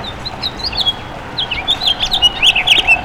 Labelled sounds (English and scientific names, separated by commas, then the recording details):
House Finch (Haemorhous mexicanus) song
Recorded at Freeport on Long Island, New York, on 28 May 2013
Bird E